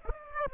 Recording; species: mosquito wingbeat signal from an infrared sensor; Aedes aegypti